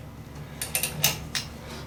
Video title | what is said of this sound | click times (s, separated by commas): Kawasaki Z H2 Supercharged Streetfighter Bolt-on Swingarm Extensions | you always want to hear the click | 1.0 s